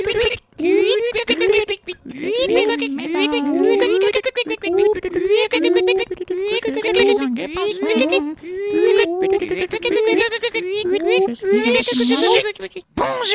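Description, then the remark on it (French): Several voices imitate the sound of singing birds to wake the listener in the morning, with a steady stream of rising and falling chirps and tweets, high and lively, with hissy breath noise running through the whole stretch. “Et pour te réveiller, on imite le bruit des oiseaux qui chantent.”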